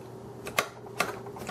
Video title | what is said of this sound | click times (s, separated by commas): How to Clean Soap Buildup on a Dishwasher Door | So there's a click. See that click? | 0.6 s, 1.0 s